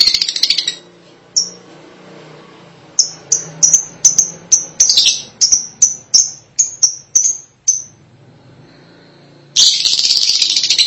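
Lovebird calls: a brief chatter, then a long series of high, piercing chirps in quick succession, ending in a burst of harsh chatter.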